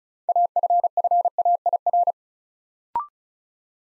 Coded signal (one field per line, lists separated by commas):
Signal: Morse code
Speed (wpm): 36 wpm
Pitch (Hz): 700 Hz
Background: none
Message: AFFAIR